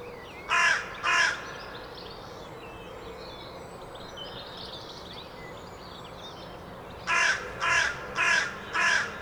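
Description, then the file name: Carrion crow cawing: two harsh caws, a long pause, then a run of four more hoarse caws. "Corvus corone"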